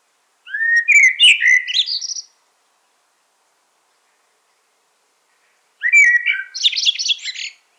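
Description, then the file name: Common blackbird song: two phrases several seconds apart, each mixing whistles with rapid, squeaky high twitters; silence between them. "Turdus merula"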